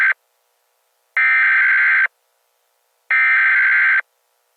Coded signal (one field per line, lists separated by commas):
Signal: Emergency Alert System (SAME) tones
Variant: header bursts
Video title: EAS - Doge Alert